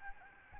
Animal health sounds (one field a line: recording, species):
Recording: mosquito wingbeat signal from an infrared sensor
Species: Aedes albopictus